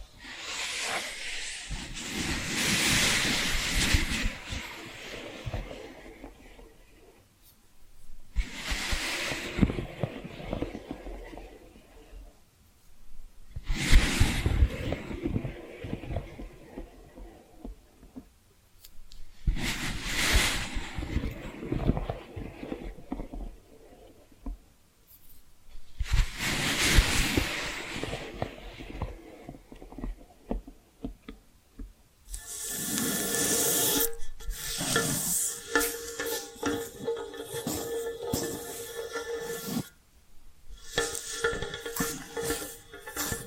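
Tapping and scratching sounds come in bursts of a few seconds each, roughly every five to six seconds, with brief quiet gaps between them. The bursts are dense and rustling, bright with a full low end. Near the end the sound turns steadier, with crisper, more continuous scratching.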